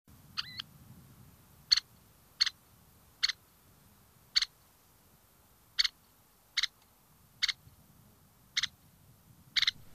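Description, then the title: Red-necked Phalarope giving short, sharp high ticking notes, the first a longer doubled note, then single clicks spaced unevenly about a second apart over a quiet background. "Vesipääsky"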